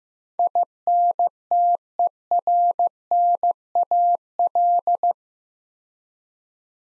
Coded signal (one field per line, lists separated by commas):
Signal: Morse code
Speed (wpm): 15 wpm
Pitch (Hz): 700 Hz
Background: none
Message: INTERNAL